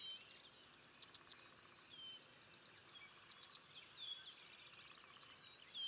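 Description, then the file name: Henslow's sparrow song: two short, high, clipped phrases about five seconds apart, with soft scattered chirps in the gap. "Ammodramus henslowii - Henslow's Sparrow"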